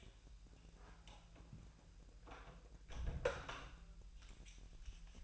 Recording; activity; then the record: daily activity, microphone in the room; close door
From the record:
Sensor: 2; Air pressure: 1001.4 hPa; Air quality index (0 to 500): 246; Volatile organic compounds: 82 ppm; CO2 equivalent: 3622 ppm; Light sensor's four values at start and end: 10/24/10/10 and 10/24/10/10